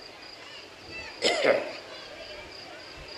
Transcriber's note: coughs